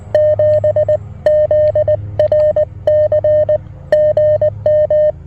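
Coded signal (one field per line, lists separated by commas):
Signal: Morse code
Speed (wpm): 19 wpm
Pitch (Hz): 1800 Hz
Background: none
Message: 7 ZRC GM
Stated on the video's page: QRP Parks on the Air activation on 20 and 40 meters with a Mountain Topper MTR-4B V2.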